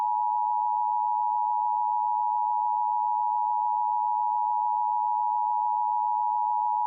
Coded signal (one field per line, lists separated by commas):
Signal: Emergency Alert System (SAME) tones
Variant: 853 and 960 Hz attention tone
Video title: (EAS) Emergency Alert System - Imperfect Cell Scenario